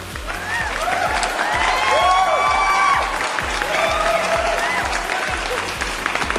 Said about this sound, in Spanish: No, pues la verdad, muchísimos aplausos para nuestro querido